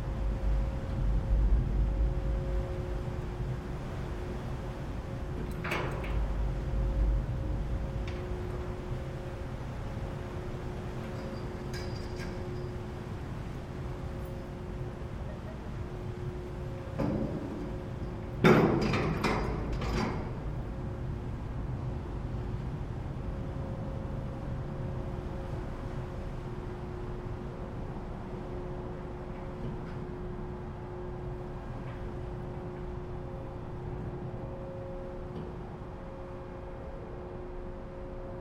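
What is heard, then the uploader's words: A ferry's passenger deck as the boat comes in to land, with a deep, steady engine rumble and a low droning hum running throughout. Sharp metallic clanks and bangs ring out near 6 seconds and again around 17 to 20 seconds. Seattle Inbound Front Passenger Deck Landing And Disembark Stereo. A days' worth of round-trips on the Seattle-Bainbridge Island Ferry, nearly all short fore-and-aft from then passenger and car decks.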